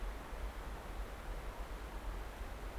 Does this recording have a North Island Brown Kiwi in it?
no